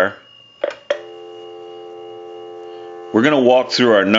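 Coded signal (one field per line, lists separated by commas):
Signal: telephone call progress tone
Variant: North America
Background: speech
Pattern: dial tone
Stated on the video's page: An Automatic Electric Model 21 rotary wall telephone during its initial checkout, repair and conversion.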